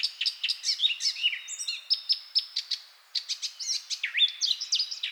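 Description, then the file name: Eurasian blackcap song: busy, scratchy warbling packed with short clicks and whistles, a clear sustained note midway, and a brief pause before more chattering. "Sylvia atricapilla"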